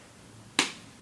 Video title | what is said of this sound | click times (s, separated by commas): Tarte Babassu Foundcealer Skincare Foundation - DRY SKIN Demo + Wear Test | twist to bring the pump out and then you listen for this click that means that the pump is fully out and ready to go | 0.6 s